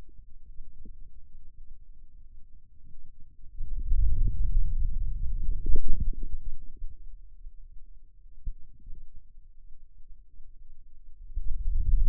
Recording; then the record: forearm muscle sounds (acoustic myography)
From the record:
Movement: wrist extension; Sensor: system 2, bracelet of six BSWA MPA416 microphones around the upper forearm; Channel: 3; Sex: male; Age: 22 years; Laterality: right